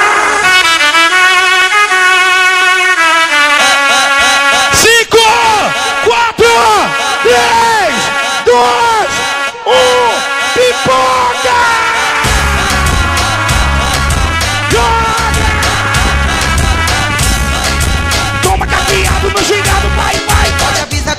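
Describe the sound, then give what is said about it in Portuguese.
A big live crowd at a band's event in Moju, 08/02/2020, shouts and yells in loud, overlapping bursts, with horn-like blasts mixed in; partway through, a thumping bass beat kicks in under the continuing roar of voices. “Galera do Flamengo, dá um gritão.”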